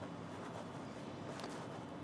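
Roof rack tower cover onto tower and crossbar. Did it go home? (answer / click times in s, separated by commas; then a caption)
no / none. A roof rack tower part, likely its cover, is handled on a Yakima JetStream crossbar on a 2021 Ford Explorer, after the bolt that secures the tower to the crossbar has been tightened. Only a steady, even background noise is heard, with no distinct impacts. Nothing has seated or clicked into place yet.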